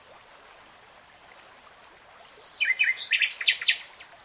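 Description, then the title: Nightingale song: a long, thin, high whistle, then short varied chirping notes burst in for the last second or so. Singing, in a 3-hour real-time recording. "[Tiếng chim hót] 3 Hours REALTIME Nightingale Singing"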